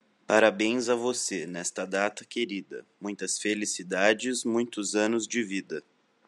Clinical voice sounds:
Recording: short text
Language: Brazilian Portuguese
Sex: male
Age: 20 to 29 years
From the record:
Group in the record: control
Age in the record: 25 years

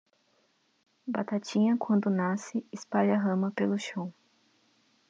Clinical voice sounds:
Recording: short text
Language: Brazilian Portuguese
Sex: female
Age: 20 to 29 years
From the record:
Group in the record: control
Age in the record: 23 years

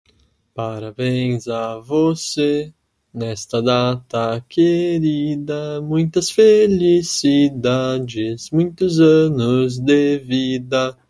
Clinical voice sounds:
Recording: short text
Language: Brazilian Portuguese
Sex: male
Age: 20 to 29 years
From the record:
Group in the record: control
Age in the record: 23 years

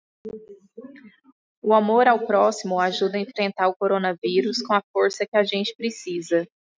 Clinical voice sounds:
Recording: spoken sentence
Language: Brazilian Portuguese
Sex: female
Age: 30 to 39 years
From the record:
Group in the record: control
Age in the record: 32 years

